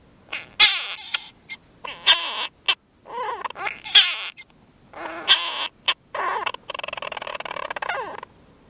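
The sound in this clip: European storm petrel giving harsh squealing chatters in quick bursts, ending in a fast, pulsed rattling churr lasting about two seconds.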